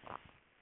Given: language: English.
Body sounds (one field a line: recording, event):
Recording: throat vibration sensor signal played as sound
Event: swallow